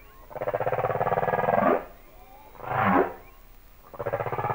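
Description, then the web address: Humpback whale song: long pulsed, moaning units with rich harmonics, a short whoop near three seconds, then another pulsed moan beginning. "Natures Songs Whale Songs Sounds of Nature - Humpback Whales"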